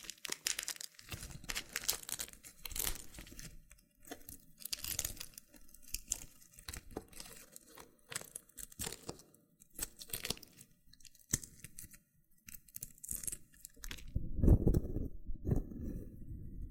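Loofah sounds: rough scratchy peeling and tearing bursts, crisp and bright, coming in quick irregular clusters with short pauses between. Crinkling and crunching textures run throughout, and near the end, around fourteen seconds, heavier thumping pops add a deeper, louder layer.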